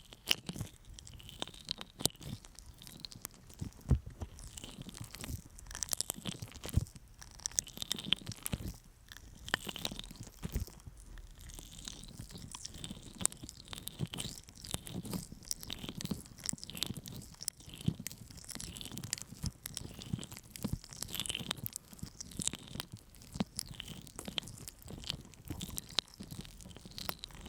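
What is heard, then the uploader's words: Sticky honey ear massage sounds with wet, tacky clicks and crackles that come thick and fast throughout. Sharp bright snaps stand out now and then over a softer, low rubbing, and the level stays fairly even across the whole stretch. ASMR Sticky Honey Ear Massage (No Talking).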